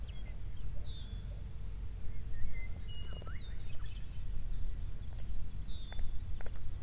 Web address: static audio olofonia Platt I Mid Afternoon birds